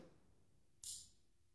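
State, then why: Seated. A steel folding knife blade is opened and snaps into its locking mechanism with a sharp, bright click at 0.8 s, rising well above a low background hum and ringing briefly in the high frequencies. The click shows that the blade is locked.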